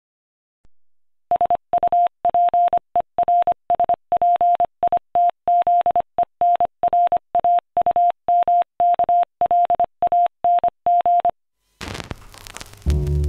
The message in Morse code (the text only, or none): SUPERSPITZENRAUMKLANG